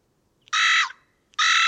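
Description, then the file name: Carrion crow giving two loud, hoarse caws, the first slightly drawn out and dropping at its end, separated by a short pause. "Corvus corone"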